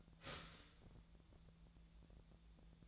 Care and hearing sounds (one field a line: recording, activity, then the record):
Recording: daily activity, microphone in the room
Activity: start toaster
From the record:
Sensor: 3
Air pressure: 1000.3 hPa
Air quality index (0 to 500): 158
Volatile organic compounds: 3 ppm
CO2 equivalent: 1393 ppm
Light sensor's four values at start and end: 34/86/36/39 and 34/87/36/39